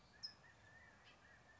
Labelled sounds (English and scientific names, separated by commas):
California Towhee (Melozone crissalis)